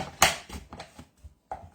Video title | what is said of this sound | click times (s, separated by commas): Tupperware Master System & Accessories | And then this will just pop into place. | 0.2 s